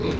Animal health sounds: contact call of a hoofed animal; pig; closed-mouth grunt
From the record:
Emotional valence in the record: positive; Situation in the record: food and toys in familiar pen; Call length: 0.19 s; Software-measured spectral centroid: 1800 Hz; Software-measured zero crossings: 1240 a second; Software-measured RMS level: -25 dBFS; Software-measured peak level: -14 dBFS

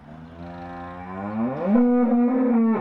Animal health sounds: contact call of a hoofed animal; cattle; low-frequency (closed-mouth) or high-frequency (open-mouth) call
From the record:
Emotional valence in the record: positive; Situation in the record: physical reunion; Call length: 2.8 s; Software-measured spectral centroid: 730 Hz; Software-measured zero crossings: 890 a second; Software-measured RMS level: -22 dBFS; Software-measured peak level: -6 dBFS

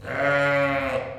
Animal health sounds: contact call of a hoofed animal; sheep; low-frequency (closed-mouth) or high-frequency (open-mouth) call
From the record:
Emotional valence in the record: negative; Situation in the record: short social isolation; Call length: 1.20 s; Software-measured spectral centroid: 1750 Hz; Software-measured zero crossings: 1890 a second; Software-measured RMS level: -24 dBFS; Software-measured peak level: -11 dBFS

